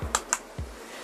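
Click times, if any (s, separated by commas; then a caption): 0.2 s, 0.3 s. A cap is pressed back onto a Rumz Al Rasasi 9325 Pour Lui Zebra perfume bottle, giving two sharp, bright clicks at about 0.2 s and 0.3 s. Low, soft thumps come just before and again near 0.6 s. The cap seats firmly in place.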